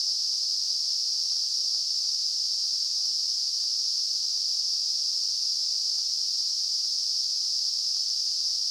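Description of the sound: A steady, unbroken high-pitched hiss centred around the upper treble, with no change in loudness over nearly nine seconds. This is a simulation of tinnitus, the constant ringing or hissing some people perceive without any outside sound.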